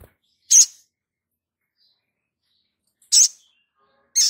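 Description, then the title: Spiderhunter making three crisp, high-pitched chip notes, the first alone and the last two close together. Masteran (training recording for cage birds), Labaik variant. "Masteran Burung Sogok Ontong Labaik"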